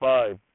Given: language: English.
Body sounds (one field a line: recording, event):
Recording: throat vibration sensor signal played as sound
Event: speech